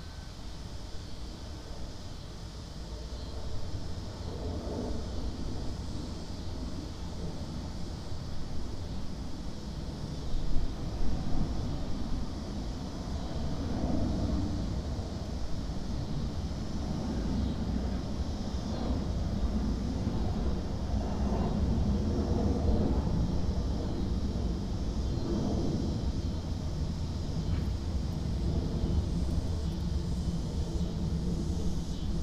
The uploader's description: Overflow Parking Lot 1 at Charlotte Douglas International Airport. Featuring cicadas, a creaky gate, and airplanes overhead.